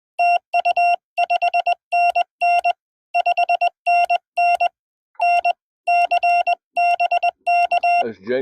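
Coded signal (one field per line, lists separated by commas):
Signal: Morse code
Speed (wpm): 20 wpm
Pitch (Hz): 690 Hz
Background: none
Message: TU 5NN 5NN NC BK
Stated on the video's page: Parks On The Air activation at a national wildlife refuge.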